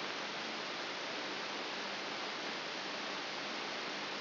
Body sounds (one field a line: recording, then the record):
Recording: brain microelectrode recording played as sound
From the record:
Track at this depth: inside the subthalamic nucleus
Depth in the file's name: 0.007 mm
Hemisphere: left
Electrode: 3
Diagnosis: Parkinson's disease